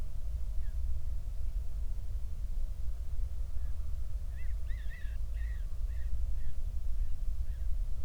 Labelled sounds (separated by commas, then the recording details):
bird, wind
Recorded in the Prudhoe Bay oil fields, Alaska, on 31 July 2019 at 08:14
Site 24